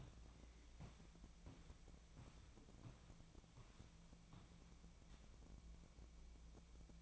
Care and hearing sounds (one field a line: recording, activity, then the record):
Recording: daily activity, microphone in the room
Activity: walk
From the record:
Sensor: 1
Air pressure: 1012.2 hPa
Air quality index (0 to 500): 178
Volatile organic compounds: 3 ppm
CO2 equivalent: 1463 ppm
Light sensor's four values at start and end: 44/122/49/60 and 44/121/49/60